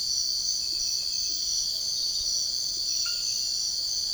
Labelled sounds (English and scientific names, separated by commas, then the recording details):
none
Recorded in secondary vegetation near Puerto Asís, Putumayo, Colombia, on 13 March 2025 at 05:30
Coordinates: 0.488, -76.319
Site G095